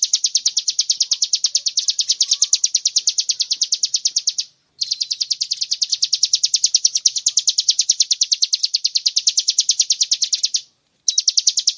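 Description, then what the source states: Bar-winged prinia singing a fast, even series of shrill notes, sustained with two short pauses. Tutor recording for cage birds.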